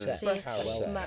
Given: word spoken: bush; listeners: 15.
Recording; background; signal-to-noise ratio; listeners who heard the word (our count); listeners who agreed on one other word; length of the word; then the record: one English word in noise, from a listening test; four-talker babble; -1.0 dB; 0 of 15; 6 of 15; 0.67 s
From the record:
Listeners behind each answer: 6, 2, 1, 1, 1, 1, 1, 1, 1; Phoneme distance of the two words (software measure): 20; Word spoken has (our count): 1 syllable, 3 phonemes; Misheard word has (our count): 1 syllable, 3 phonemes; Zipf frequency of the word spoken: 4.29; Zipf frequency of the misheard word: 5.19